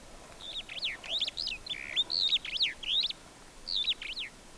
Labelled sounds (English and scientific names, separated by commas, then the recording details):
Superb Starling (Lamprotornis superbus) flight call
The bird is a female
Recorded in Kenya on 27 April 2009 at 09:01
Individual 36, of group DRT2